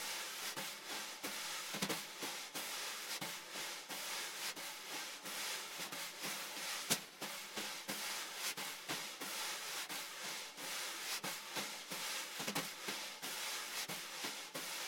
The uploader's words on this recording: Snare Brushes | Doug Yowell | Baby Bottle High Pass. Baby Bottle High Pass by Blue Microphones.